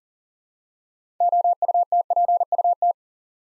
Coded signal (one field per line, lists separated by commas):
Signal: Morse code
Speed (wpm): 41 wpm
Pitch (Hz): 700 Hz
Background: none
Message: OUTPUT